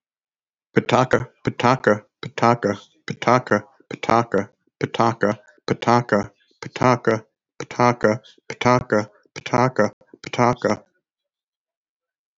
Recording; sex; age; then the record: repeated syllables /pa ta ka/; male; 60 to 69 years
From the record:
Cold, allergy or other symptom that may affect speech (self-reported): no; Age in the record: 63 years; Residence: North Carolina, United States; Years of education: 16